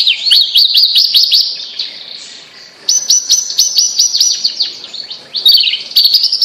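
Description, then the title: Bird song: quick repeated high notes, a short lull midway, then renewed fast twittering phrases and sharp chirps. "Kicau Burung Yoi"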